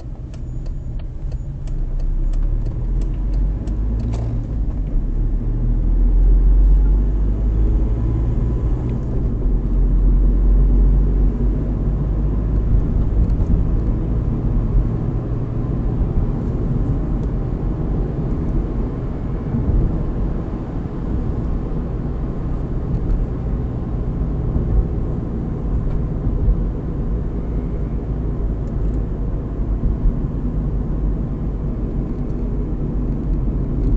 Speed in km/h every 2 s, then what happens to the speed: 16, 28, 34, 43, 50, 57, 62, 66, 68, 71, 68, 64, 61, 59, 56, 54, 51.
0-19 speeds up to 71. 19-34 slows to 51.